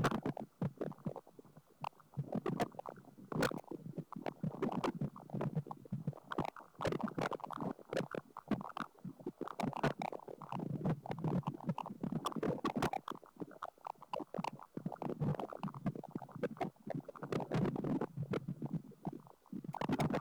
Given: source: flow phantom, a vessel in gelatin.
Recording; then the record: Doppler ultrasound of air bubbles in flowing water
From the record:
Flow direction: away from the transducer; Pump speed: 250 rpm (900 mL/min); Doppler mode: pulsed wave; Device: 7 MHz transducer